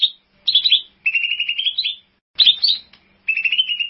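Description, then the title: Bird song of fast, slightly buzzy trills that climb gently in pitch, alternating with short jumbled whistled bursts. "burung online"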